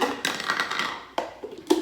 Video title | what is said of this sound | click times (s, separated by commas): Potato Cheddar Soup in Pampered Chef Blender SD 480p | and that's just gonna lock into place and it sings to you to let you know it's right | 1.2 s